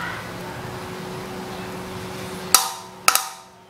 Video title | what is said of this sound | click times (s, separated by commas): Selamat tinggal gas bocor!!! Ini regulator luar biasa | ini akan sampai bunyi klek ya kawan-kawan baru kalian berhenti memutarnya nah | 2.5 s, 3.1 s